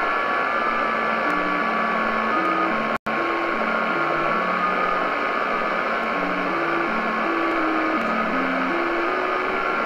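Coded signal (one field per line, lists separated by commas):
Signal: JT65, JT9 or WSPR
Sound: a single low tone hopping slowly between pitches every half second, under steady hiss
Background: radio static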